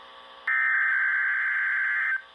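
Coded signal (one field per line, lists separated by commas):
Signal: Emergency Alert System (SAME) tones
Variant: header bursts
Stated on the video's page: Required Weekly Test on NOAA Weather Radio station KEC56, Dallas.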